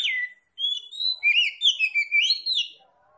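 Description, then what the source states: Oriental magpie-robin singing a rich run of varied, sliding whistles, then fading at the close. Tretes kacer, singing vigorously (gacor).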